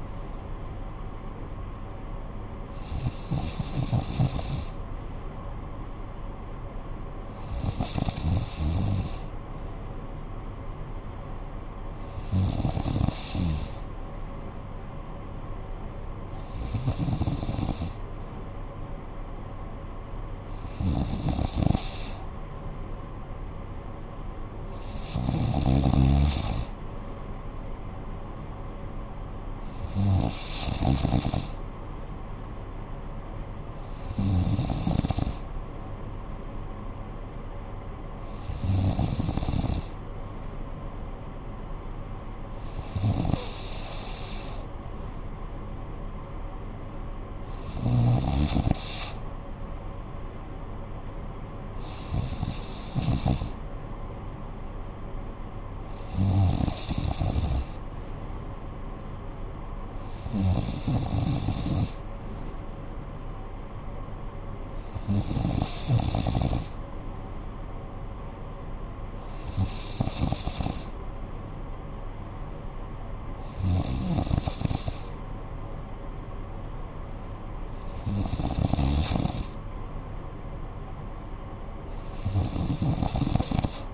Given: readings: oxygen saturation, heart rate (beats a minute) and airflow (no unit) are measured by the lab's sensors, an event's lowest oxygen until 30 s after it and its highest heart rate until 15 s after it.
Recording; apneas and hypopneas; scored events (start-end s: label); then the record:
breathing in sleep by a smartphone at the bedside; none
none scored
From the record:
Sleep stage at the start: N3 (deep sleep); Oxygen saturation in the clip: 93 to 94%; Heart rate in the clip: 54 to 63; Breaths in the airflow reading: 18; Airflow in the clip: -8.8 to 5.7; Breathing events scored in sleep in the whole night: 445 in 7.6 hours asleep